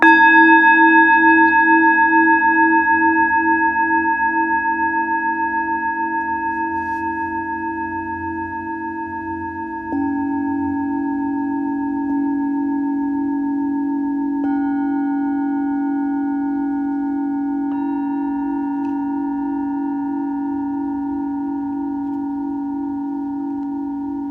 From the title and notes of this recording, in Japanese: メキシコから シンギングボウルのサウンドヒーリング ライブ。